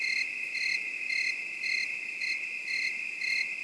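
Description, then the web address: Cricket chirping, short pure trilled pulses repeated about twice a second in a steady rhythm over a soft hiss. "L~rustico crickets"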